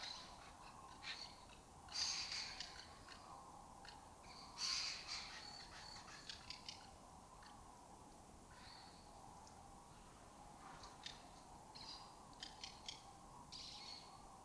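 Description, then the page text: Lesser kestrel calls, two loud harsh rasping notes a few seconds apart, then softer scattered chattering calls. Colony occupying an abandoned building in Doñana; migratory raptor that forages in West Africa and breeds in southern Europe. "Lesser Kestrels Took Over an Abandoned Building. A migratory raptor wich spends its foraging time in West Africa and breeds in southern Europe. Here in Doñana"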